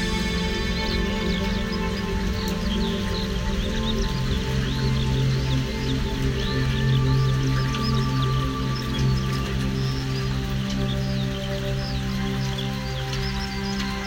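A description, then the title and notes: Steady rain patters throughout while a skylark's quick, bright trills flutter continuously above, with a low droning hum underneath. From The Middle Of The Rain A Skylark Song.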